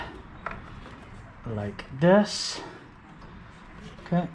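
During a coolant change on a 2009 Kawasaki Vulcan 1700cc Classic, a plastic fuel injection wiring connector is clipped onto its socket on the motorcycle. A single sharp click sounds at 0.5 s, and someone talks afterward. The connector is seated.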